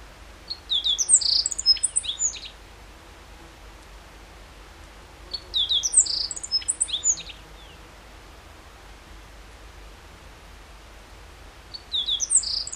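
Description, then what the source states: Meadow bunting song phrases repeated about every five seconds, each a rapid, high tangle of chirps and sliding notes over quiet background. Recorded 14 June 2012.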